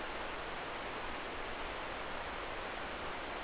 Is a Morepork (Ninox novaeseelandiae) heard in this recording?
no